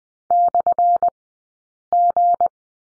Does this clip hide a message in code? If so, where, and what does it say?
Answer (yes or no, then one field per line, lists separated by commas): yes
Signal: Morse code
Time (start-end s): 0.3-2.5 s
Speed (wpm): 20 wpm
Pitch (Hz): 700 Hz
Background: none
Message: /G